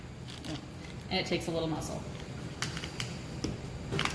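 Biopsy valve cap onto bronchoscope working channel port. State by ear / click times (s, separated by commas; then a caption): seated / 3.0 s, 4.0 s. Someone talks while a rubber biopsy valve cap is pressed firmly onto a bronchoscope's working channel port, with its removal tab facing away from the scope and a little muscle needed. Faint clicks come at about 3.0 and 4.0 seconds, and the valve is seated.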